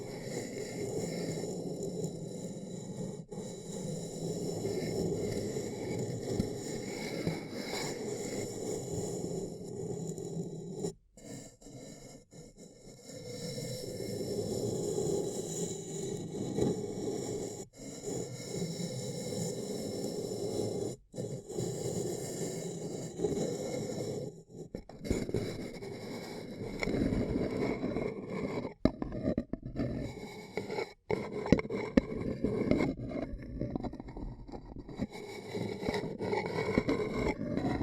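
Ear cupping triggers: steady muffled rubbing and scraping, low and dense, broken by brief silences near 11, 21, 25 and 31 seconds.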